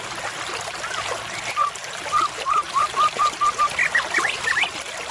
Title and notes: MB Pikat Jitu.. Suara Mantap. murai batu